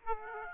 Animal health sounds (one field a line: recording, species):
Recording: mosquito wingbeat signal from an infrared sensor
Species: Aedes aegypti